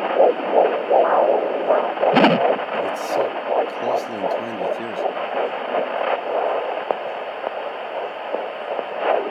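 Rapid whooshing Doppler pulses near 160 a minute: a normal fetal heartbeat at 13.5 weeks of pregnancy.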